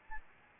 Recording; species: mosquito wingbeat signal from an infrared sensor; Aedes albopictus